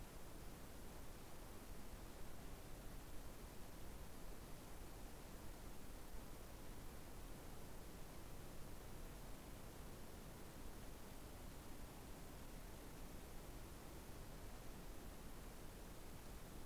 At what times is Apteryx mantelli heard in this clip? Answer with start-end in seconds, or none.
none